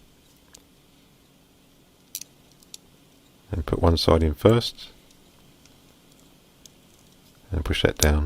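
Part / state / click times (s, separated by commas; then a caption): microphone flex into phone housing / not seated / none. A replacement microphone flex for a Nokia Lumia 920 is lined up with the recess in the phone housing, placed one side first and then pushed down. A few faint handling ticks are heard around 0.6, 2.2 and 2.7 seconds, and someone talks from about 3.5 to 4.9 seconds and again near the end. The clip ends before the flex goes home, so nothing has seated or clicked yet.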